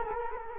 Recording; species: mosquito wingbeat signal from an infrared sensor; Culex quinquefasciatus